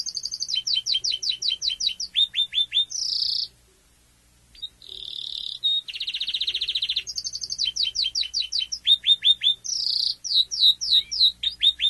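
Domestic canary song: rapid trills of repeated downslurred notes and buzzy rolls, phrases shifting between high and mid pitch, with one brief pause.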